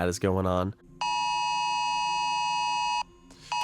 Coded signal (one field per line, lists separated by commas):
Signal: Emergency Alert System (SAME) tones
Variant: 853 and 960 Hz attention tone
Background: speech